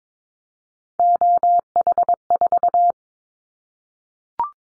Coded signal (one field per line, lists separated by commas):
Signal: Morse code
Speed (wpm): 22 wpm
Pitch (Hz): 700 Hz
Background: none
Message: OH4